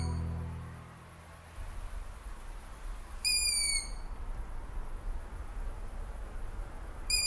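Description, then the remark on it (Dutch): A young long-eared owl gives a high, thin, plaintive squeal around three seconds in, a drawn-out whistled call, with the start of another at the very end over steady low background noise. The calling persisted despite busy beach traffic. “Hij schrijft: dit klagelijke geluid van jonge ransuilen hield aan, ondanks het drukke strandverkeer.”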